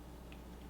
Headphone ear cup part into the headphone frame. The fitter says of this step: and then it just Clips right back into place so